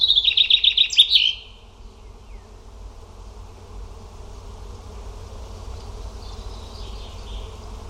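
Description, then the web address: Bird song: one fast, high trilled phrase of rapid repeated notes lasting about a second, then quiet with steady low background hum. Only bird sounds in the recording. "cianscape birddata Deverinetal 2025 Bird Only"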